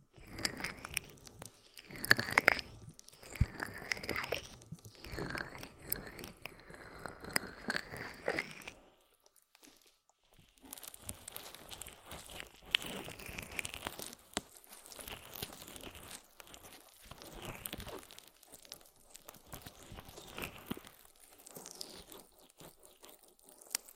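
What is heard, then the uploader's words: Wet squelching and crinkly rubbing of aloe massaged over the ear, with sweeping strokes, a short pause near ten seconds, then softer rubbing. ASMR Aloe Ear Massage For Deepest Sleep in Your Life (No Talking).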